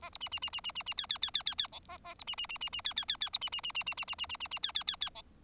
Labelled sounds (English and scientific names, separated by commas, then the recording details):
Bengalese Finch (Lonchura striata domestica) song
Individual Bird4